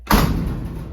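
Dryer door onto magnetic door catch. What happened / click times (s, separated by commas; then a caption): The dryer door thudded shut and its catch held / 0.1 s. A dryer door is pushed shut onto its magnetic door catch, giving a single low thud at 0.1 s followed by a fading low rumble. The magnetic catch holds the door closed, so it can be pulled open without any buttons.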